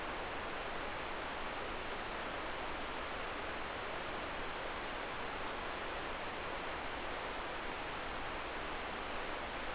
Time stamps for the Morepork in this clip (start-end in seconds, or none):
none